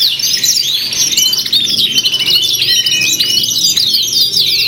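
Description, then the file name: Canary song chorus: dense, overlapping high trills and rapid sweeping whistles, continuous throughout with no pauses. Simulated canary singing contest with fill-in tutor songs. "audio simulasi lomba kenari isian. omkicau"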